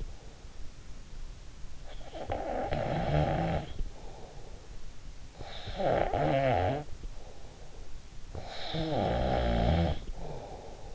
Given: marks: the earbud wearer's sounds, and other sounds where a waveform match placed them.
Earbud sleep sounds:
sounds in sleep by an in-ear microphone; snoring breath
1.92-4.75 s: snoring breath
5.33-7.90 s: snoring breath
8.19-10.95 s: snoring breath

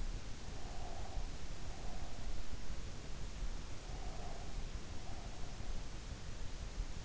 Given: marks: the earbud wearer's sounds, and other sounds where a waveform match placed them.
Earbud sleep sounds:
sounds in sleep by an in-ear microphone; breath
0.39-2.43 s: breath
4.01-5.68 s: breath

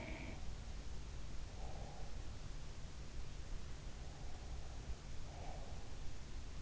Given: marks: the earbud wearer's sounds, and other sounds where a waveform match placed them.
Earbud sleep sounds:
sounds in sleep by an in-ear microphone; breath
0.00-0.59 s: sound from someone else or the room
1.25-2.30 s: breath
3.93-5.94 s: breath

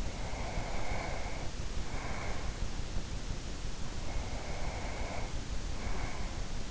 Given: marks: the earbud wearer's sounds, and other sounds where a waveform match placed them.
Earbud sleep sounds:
sounds in sleep by an in-ear microphone; breath
0.00-2.80 s: breath
4.00-6.68 s: breath

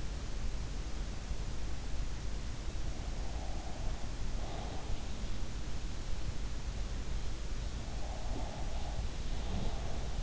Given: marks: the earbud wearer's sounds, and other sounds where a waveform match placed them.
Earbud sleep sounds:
sounds in sleep by an in-ear microphone; breath
3.02-4.99 s: breath
8.04-10.23 s: breath

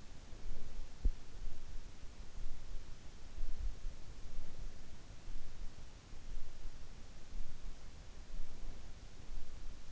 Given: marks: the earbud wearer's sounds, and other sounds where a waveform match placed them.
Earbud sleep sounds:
sounds in sleep by an in-ear microphone; breath
0.00-0.97 s: breath

